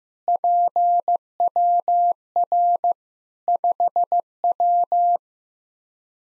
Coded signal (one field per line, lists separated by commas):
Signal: Morse code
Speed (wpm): 16 wpm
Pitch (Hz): 700 Hz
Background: none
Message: PWR 5W